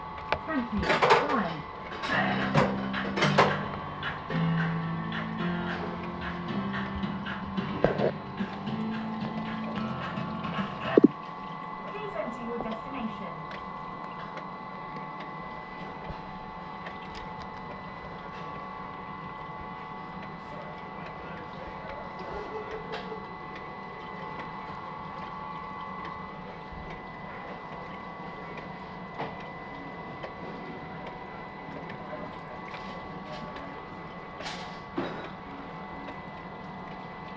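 Revolving sushi bar sounds: a steady mechanical hum with tonal whine, clattering knocks in the first eleven seconds, then occasional sharp clicks.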